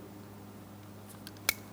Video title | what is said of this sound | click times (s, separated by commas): How to Replace Front Door Lock Actuator 2003-2007 Cadillac CTS | Audible click from that, and it's secure. | 1.5 s